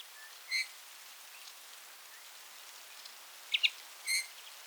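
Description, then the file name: Eurasian bullfinch giving soft, low piping whistles, one near the start and one near the end, with a short double chip between, over steady faint background hiss. "Pyrrhula pyrrhula"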